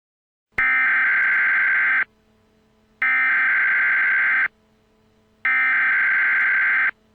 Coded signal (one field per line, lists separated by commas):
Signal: Emergency Alert System (SAME) tones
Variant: header bursts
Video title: Emergency Alert System: RDD